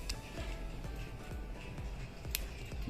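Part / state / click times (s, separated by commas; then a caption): SIM card holder into mini mobile phone slot / seated / 2.4 s. The SIM card holder inside a Satrend X8 mini mobile phone is slid to the left in its slot over background music. There is a brief sharp tick near 0.1 s, then a sharper click at 2.4 s as the holder locks into place.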